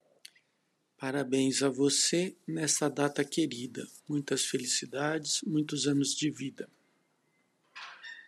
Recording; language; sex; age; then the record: short text; Brazilian Portuguese; male; 50 to 59 years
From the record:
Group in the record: control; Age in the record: 56 years